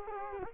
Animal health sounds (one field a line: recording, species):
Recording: mosquito wingbeat signal from an infrared sensor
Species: Culex quinquefasciatus